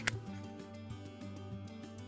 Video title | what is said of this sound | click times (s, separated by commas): CeQur Simplicity Quick Start Video | hold the inserter with both hands and use your thumbs to push down on both the blue cap and the patch until you hear a click | 0.1 s